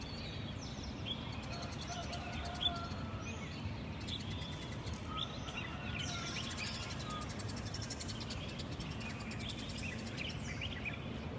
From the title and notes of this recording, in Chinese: 这段声音来自于4月23日的早晨。Kidd发来大理清晨的声音。都是用简单的设备录制而成，没有经过太多修饰。